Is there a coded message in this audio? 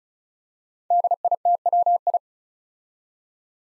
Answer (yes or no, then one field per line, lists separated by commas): yes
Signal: Morse code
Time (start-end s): 0.9-2.2 s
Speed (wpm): 36 wpm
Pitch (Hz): 700 Hz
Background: none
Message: DITWI